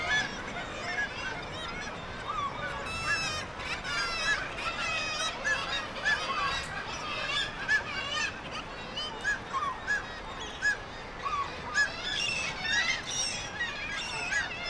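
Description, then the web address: Black-legged kittiwake calls, bursts of harsh nasal cries and rapid chattering notes, alternating with quieter moments of scattered calls. "sound Black-legged-kittiwake. صدای-پرنده-کاکایی-پاسیاه"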